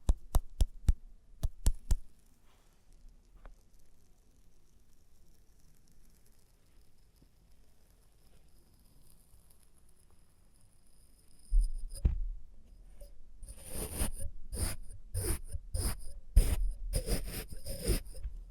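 Experimental sounds made with test tubes: sharp clicks at the start, a quiet faint ringing stretch, then a dense run of rattling taps near the end.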